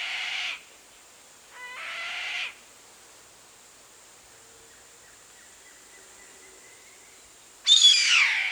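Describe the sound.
Bird giving harsh, raspy calls: a short burst, then a second with stacked tones, and a louder broad screech near the end over steady high hiss.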